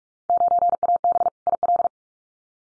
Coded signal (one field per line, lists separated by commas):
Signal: Morse code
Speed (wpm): 44 wpm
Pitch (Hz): 700 Hz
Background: none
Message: 9AB IL